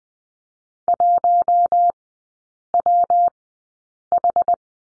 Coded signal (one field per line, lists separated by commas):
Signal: Morse code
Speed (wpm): 20 wpm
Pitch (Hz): 700 Hz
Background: none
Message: 1WH